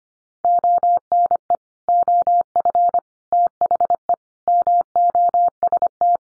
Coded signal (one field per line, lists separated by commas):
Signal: Morse code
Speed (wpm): 25 wpm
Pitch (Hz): 700 Hz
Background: none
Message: ONE OF THE MOST